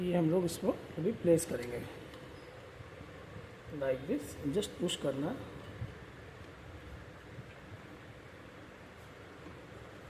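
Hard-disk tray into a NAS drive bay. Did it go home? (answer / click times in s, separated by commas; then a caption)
no / none. A loaded hard-disk tray is being handled at the drive bay of a Synology DiskStation DS923+ NAS while someone talks in two short bursts, around 0–1.6 s and 3.8–5.3 s. After that there is only faint, steady low background noise until the end. The tray has not yet been pushed home, so nothing has seated or clicked yet.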